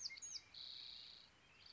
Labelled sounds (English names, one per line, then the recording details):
Spotted Towhee
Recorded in Sonoma County, California